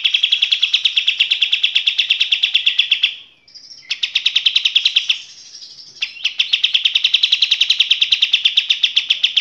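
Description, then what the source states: Kapas tembak singing long, fast trills of shrill repeated notes, broken by two short pauses with softer notes between the trill bursts. Masteran (training) song of kapas tembak.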